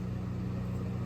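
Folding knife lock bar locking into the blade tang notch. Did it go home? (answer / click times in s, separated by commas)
no / none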